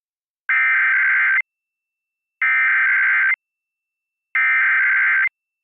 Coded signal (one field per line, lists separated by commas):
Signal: Emergency Alert System (SAME) tones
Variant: header bursts